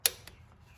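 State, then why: Torque reached. A click-type torque wrench set to 18 ft-lb tightens a new spark plug into the cylinder head of a Jeep Patriot. It gives one sharp, bright click at 0.1 s as it reaches torque, followed by a fainter tick at 0.3 s and a very soft one at 0.5 s. The plug is confirmed tightened to the set torque.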